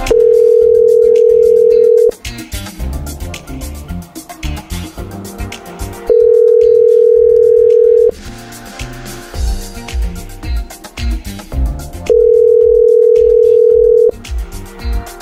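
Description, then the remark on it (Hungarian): A telephone calling tone, as the radio show Balázsék on Rádió Egy calls its listener of the day, sounds three times, each a steady mid-pitched buzz lasting about two seconds, separated by longer gaps filled with background music. “6 perc múlva 10 óra, úgyhogy már csak a naphallgatóját kell fölhívjuk.”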